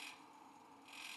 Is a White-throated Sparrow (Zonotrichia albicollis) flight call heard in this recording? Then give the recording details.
no. No flight call is heard. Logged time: 04:01 on 5 December 2014